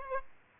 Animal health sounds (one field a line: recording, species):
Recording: mosquito wingbeat signal from an infrared sensor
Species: Aedes aegypti